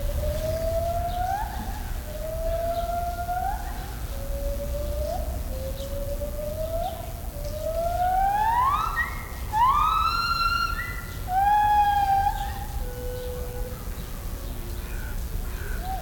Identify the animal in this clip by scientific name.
Hylobates lar